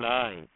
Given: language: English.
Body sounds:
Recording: throat vibration sensor signal played as sound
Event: speech

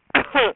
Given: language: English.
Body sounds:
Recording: throat vibration sensor signal played as sound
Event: cough

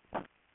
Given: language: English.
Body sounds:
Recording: throat vibration sensor signal played as sound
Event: swallow

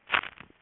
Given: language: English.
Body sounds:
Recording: throat vibration sensor signal played as sound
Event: swallow

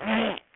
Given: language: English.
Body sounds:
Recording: throat vibration sensor signal played as sound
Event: throat clearing

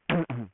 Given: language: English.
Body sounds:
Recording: throat vibration sensor signal played as sound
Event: throat clearing

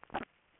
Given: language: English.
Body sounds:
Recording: throat vibration sensor signal played as sound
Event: swallow

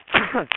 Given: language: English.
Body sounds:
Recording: throat vibration sensor signal played as sound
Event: cough

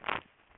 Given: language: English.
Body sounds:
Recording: throat vibration sensor signal played as sound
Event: swallow

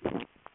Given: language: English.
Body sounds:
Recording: throat vibration sensor signal played as sound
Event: swallow

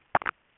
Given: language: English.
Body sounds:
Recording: throat vibration sensor signal played as sound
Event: swallow

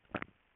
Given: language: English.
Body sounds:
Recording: throat vibration sensor signal played as sound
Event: swallow

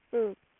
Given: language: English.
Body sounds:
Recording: throat vibration sensor signal played as sound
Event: speech

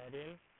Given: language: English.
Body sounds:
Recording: throat vibration sensor signal played as sound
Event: speech

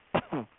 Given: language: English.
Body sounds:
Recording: throat vibration sensor signal played as sound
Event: cough

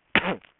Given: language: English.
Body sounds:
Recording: throat vibration sensor signal played as sound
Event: cough

